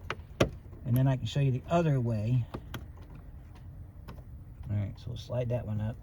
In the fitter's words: If you want to put the clip in and then slide the line on until it snaps, you can do it that way. That's how we're going to do this one here.